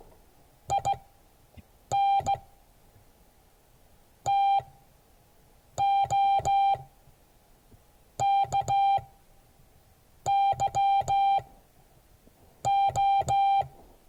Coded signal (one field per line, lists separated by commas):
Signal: Morse code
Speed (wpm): 16 wpm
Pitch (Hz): 790 Hz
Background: none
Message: IN TOKYO